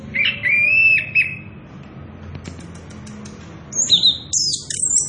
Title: Anis Kembang Gacor 11. pancingan anis kembang ngerol edan volume dasyattt cocok buat masteran trotolan